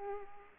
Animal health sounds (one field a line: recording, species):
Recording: mosquito wingbeat signal from an infrared sensor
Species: Aedes aegypti